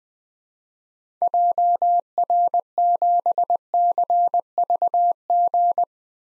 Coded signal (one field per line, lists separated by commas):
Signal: Morse code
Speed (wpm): 20 wpm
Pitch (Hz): 700 Hz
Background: none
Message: JR7CVG